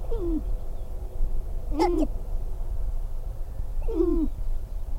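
Sharp-tailed grouse giving three clear hooked calls, each a quick falling note, spaced about two seconds apart, with low background rumble.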